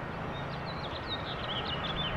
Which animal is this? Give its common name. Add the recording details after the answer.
House Finch. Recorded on Long Island, New York, on 21 April 2011. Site PW. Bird B